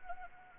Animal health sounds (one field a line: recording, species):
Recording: mosquito wingbeat signal from an infrared sensor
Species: Anopheles arabiensis